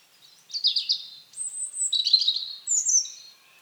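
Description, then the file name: European robin song, a short phrase of high tinkling warbles and thin sliding whistles, delivered in a few quick bursts. "Erithacus rubecula"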